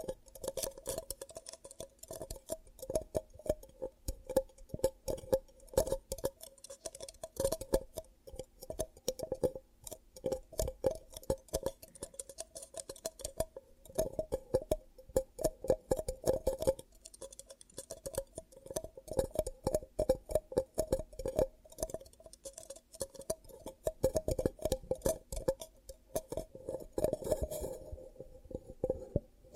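Ear cupping sounds made with a series of different triggers, a dense run of soft tapping, rubbing and muffled cupping pulses that continues without pause. The texture shifts every few seconds, with brief quieter gaps around 14 and 22 seconds, and grows fuller near the end.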